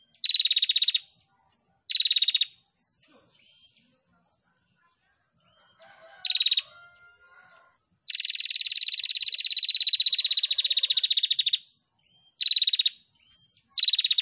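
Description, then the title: Prinia song of short buzzy pulsed bursts, a quiet pause with faint twittering, then another short burst, a long rattling trill and more short bursts. Female prinia; masteran recording used for training songbirds. "Masteran Burung Prenjak Betina Gacor"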